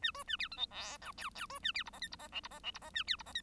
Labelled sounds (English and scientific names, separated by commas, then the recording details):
Bengalese Finch (Lonchura striata domestica) song
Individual Bird1